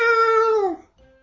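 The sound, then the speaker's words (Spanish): A cat in a garden gives a single drawn-out meow, held at a steady mid pitch before sliding downward and fading, followed by a brief faint tone. “El gato ha salido sin hacer ruido y los ha sorprendido a todos.”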